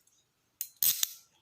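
A key in the lock of a pair of hinged steel Lithgow Arms SAF-LOK MK-V handcuffs is turned past the half-click ratchet position into the full lock position. Sharp metallic clicks sound at 0.6 s and 0.8 s, with a brief bright tick at 1.0 s as the sound fades. The lock reaches full lock, after which the key can be removed.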